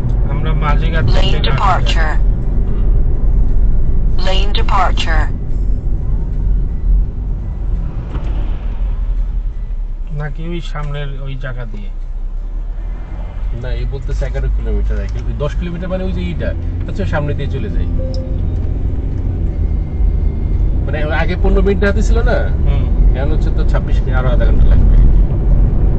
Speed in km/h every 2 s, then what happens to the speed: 57, 46, 38, 21, 8, 0, 4, 11, 21, 33, 43, 49, 53.
0-10 brakes to 0. 10-26 pulls away to 53.